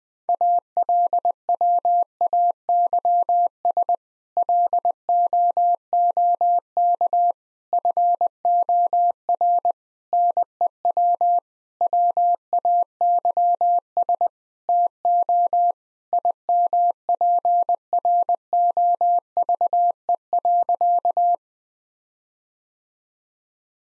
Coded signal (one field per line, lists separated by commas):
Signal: Morse code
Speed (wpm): 20 wpm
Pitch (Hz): 700 Hz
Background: none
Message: ALWAYS LOOK FOR NEW WAYS TO IMPROVE.